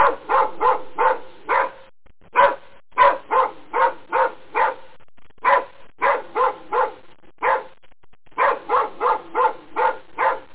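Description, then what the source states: Dogs giving rapid runs of sharp barks, several bursts of one to many barks separated by brief gaps. Two dogs.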